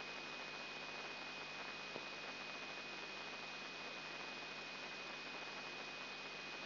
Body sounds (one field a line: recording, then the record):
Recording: brain microelectrode recording played as sound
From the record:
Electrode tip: inside the subthalamic nucleus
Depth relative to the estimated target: -3 mm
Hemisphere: left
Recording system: AlphaMap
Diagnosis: Parkinson's disease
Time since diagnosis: 8 years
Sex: female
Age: 37 years